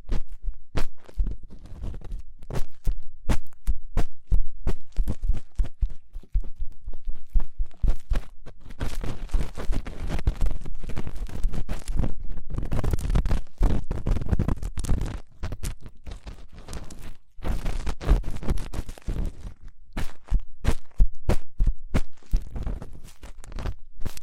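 Fast, intense ear cleaning: dense, rapid scratching and crackling clicks with almost no pause across the whole stretch. Sharp bright ticks sit over a heavy low rumble and thumping, with brief quieter gaps around six and seventeen seconds before the busy rubbing resumes.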